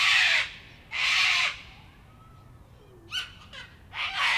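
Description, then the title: Sulphur-crested cockatoo screeching: two loud, raspy half-second screeches, then short chattering notes, and a final harsh screech starting. Local cockatoos on a typical evening in Canberra, April 2020, during lockdown. "An Evening in Canberra (Feat. 500 Cockies)"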